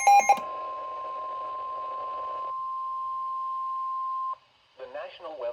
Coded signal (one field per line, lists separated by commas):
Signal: Emergency Alert System (SAME) tones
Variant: 1050 Hz attention tone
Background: speech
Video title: NOAA Weather Radio - Severe Thunderstorm Warning [EAS #284] (4/1/23)